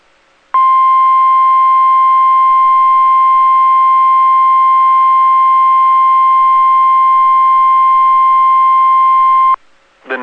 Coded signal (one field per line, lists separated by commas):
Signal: Emergency Alert System (SAME) tones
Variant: 1050 Hz attention tone